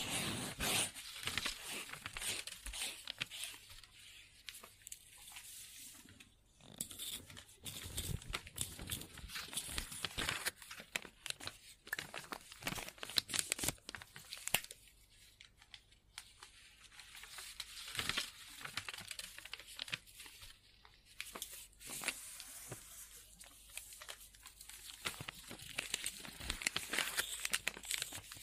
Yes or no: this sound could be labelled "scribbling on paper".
yes